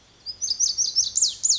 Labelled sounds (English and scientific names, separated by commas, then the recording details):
Lazuli Bunting (Passerina amoena)
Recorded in Sonoma County, California